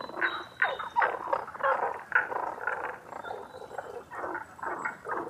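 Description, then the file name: Tago's brown frog calls in a chorus: rough, burry croaks tumbling over one another in quick irregular bursts with brief pauses. Recorded 11 June 2010 at 18:05. "tagogaeru-20100611-1805"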